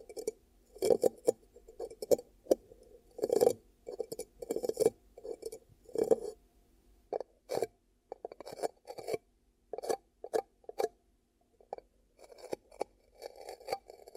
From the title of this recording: ASMR 10 Ear Cupping Triggers